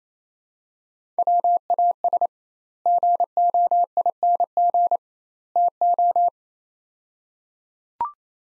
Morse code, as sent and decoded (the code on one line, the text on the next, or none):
.-- .- ... / --. --- .. -. --. / - ---
WAS GOING TO